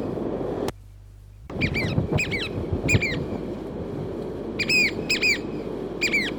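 Chatham Island oystercatcher calling sharp, shrill piping notes in pairs and singles, spaced irregularly, after a brief quiet gap, over a low rushing background.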